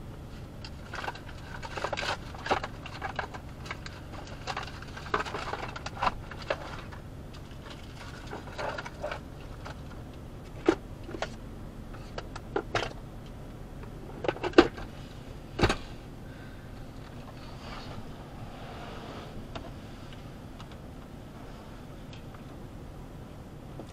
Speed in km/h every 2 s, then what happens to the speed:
0, 0, 0, 0, 0, 0, 0, 0, 0, 0, 0, 0.
0-24 standing.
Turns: none.